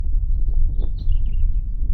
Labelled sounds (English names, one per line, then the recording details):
House Finch song
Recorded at Point Lookout on Long Island, New York, on 2 June 1975
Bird D